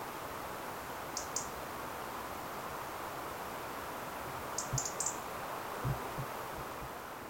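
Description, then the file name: European robin giving brief high-pitched ticking calls, a pair then a tight burst of several, against constant hiss and a few soft low knocks. "Erithacus rubecula"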